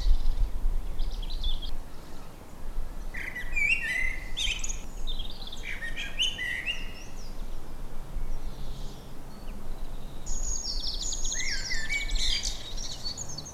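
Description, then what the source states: Birds singing quick chirps and twittering bursts, several phrases spread throughout over a constant low hum. Evening birdsong.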